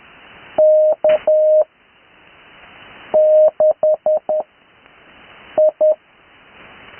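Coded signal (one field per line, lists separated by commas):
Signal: Morse code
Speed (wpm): 10 wpm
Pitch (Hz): 620 Hz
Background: none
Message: K 6 I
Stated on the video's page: Morse practice recorded live on the 80m band.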